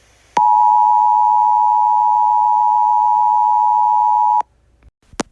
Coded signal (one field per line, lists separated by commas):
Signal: Emergency Alert System (SAME) tones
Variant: 853 and 960 Hz attention tone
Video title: EAS Alert- The Queen Has Escaped